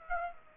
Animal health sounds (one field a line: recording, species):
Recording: mosquito wingbeat signal from an infrared sensor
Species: Aedes aegypti